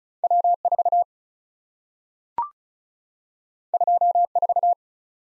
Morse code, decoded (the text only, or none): W4 24